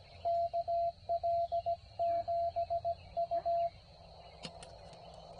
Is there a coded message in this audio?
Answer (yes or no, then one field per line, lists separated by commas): yes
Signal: Morse code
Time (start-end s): 0.3-3.7 s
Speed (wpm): 18 wpm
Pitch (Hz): 680 Hz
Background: radio noise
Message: KL7U